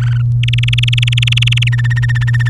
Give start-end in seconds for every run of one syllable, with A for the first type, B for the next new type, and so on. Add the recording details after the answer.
0.01-0.22 A, 0.43-1.69 B, 1.72-2.49 C. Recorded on 24 April 2018 at 08:03. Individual llb3